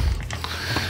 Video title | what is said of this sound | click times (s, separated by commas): Removing the spring anchor in a Daisy Red Ryder | Oh, this one's stripped out. | 0.2 s, 0.3 s, 0.4 s